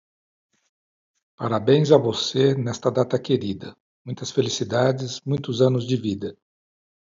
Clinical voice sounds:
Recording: short text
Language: Brazilian Portuguese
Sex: male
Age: 60 to 69 years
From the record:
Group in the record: control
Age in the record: 64 years

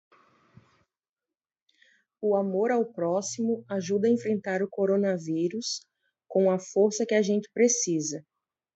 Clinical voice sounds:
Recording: spoken sentence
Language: Brazilian Portuguese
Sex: female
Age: 30 to 39 years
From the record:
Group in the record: control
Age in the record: 35 years

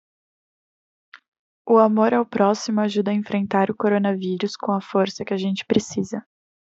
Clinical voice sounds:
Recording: spoken sentence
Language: Brazilian Portuguese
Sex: female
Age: 20 to 29 years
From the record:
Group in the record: control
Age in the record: 24 years

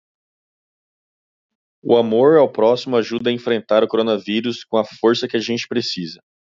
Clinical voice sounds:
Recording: spoken sentence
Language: Brazilian Portuguese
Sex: male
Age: 20 to 29 years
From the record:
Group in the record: control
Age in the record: 27 years

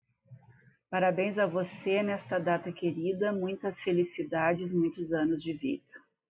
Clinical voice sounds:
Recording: short text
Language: Brazilian Portuguese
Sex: female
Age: 50 to 59 years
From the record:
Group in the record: control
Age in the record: 56 years

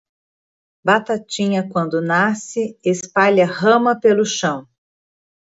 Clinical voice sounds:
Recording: short text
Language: Brazilian Portuguese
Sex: female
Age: 40 to 49 years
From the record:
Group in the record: control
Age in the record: 49 years

